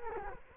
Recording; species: mosquito wingbeat signal from an infrared sensor; Culex quinquefasciatus